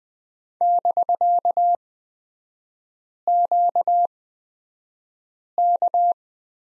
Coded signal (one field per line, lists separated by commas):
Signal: Morse code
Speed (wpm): 20 wpm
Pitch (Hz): 700 Hz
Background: none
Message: <BK>QK